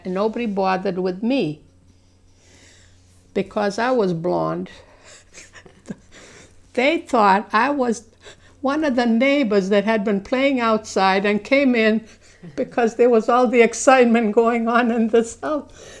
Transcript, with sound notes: Nobody bothered with me because I was blonde. ( she laughs ) They thought I was one of the neighbors that had been playing outside and came in because there was all the excitement going on in the house.